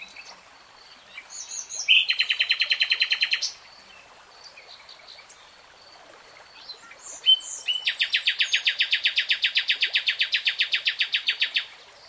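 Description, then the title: Nightingale song with a short chattering intro leading into a rapid, throbbing trill, a pause, then a much longer trill of steady repeated notes. "[Tiếng chim hót] Nightingale Singing"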